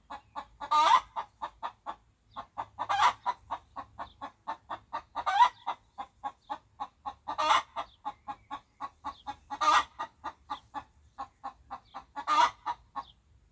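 Chicken giving a continuous run of quick clucks, broken roughly every two seconds by loud, harsh cackling bursts.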